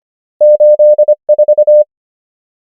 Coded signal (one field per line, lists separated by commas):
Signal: Morse code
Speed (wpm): 25 wpm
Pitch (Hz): 600 Hz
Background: none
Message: 8 4